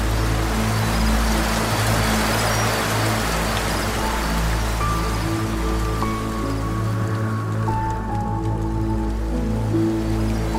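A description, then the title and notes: Soft, sustained piano chords ring over a steady hiss of light rain that thins slightly midway, with low tones holding throughout. The harmonious melodies of relaxing piano music, the gentle patter of rain sounds.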